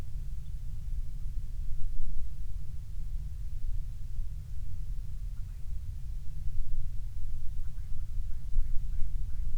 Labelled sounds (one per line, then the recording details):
grouse or ptarmigan
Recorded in the Prudhoe Bay oil fields, Alaska, on 12 July 2019 at 03:00
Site 16